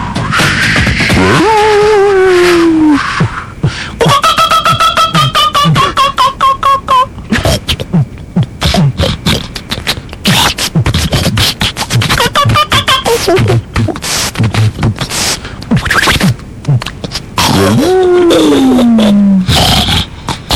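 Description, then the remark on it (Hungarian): A loud, dense hip-hop groovy ambient track with steady drum hits runs throughout, layered with noises including a rooster crowing: falling, howl-like cries near the start and end and sustained tonal calls in between. No one speaks. “Egy kis hip-hop groovy ambient. Igen, tudod, az ambient az olyan, van valami dob, vannak ilyen zajok, és egy kakas fukorékol.”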